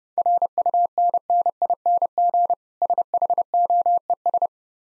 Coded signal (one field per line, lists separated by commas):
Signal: Morse code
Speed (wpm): 30 wpm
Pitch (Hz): 700 Hz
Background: none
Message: RUNNING SHOES